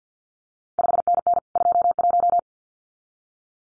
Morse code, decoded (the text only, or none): 5NN 21